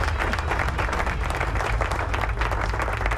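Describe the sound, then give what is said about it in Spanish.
A steady wash of applause from a group, dense overlapping claps sustained at an even level for a few seconds with no voices standing out. “Pero para eso tenemos a nuestro historiador oficial, aplauso.”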